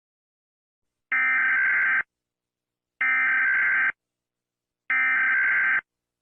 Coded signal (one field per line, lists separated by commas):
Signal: Emergency Alert System (SAME) tones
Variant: header bursts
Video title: EAS Severe T-Storm Warning (Sun, May 19, 2024)